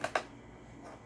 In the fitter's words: see there clicked into place